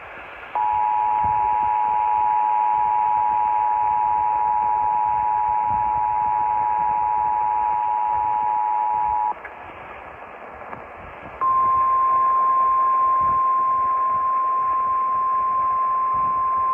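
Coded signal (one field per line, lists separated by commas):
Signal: Emergency Alert System (SAME) tones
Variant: 853 and 960 Hz attention tone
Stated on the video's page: Compilation of received Florida severe weather EAS alerts.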